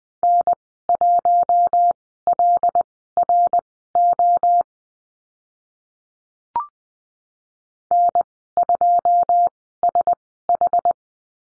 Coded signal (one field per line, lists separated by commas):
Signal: Morse code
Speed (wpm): 20 wpm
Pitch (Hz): 700 Hz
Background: none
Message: N1LRO N2SH